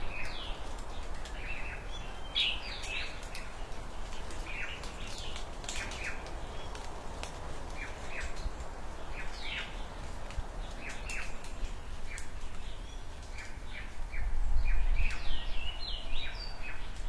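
Small birds chirp and twitter busily in front of a house in the morning, quick bright calls over a steady low outdoor rumble.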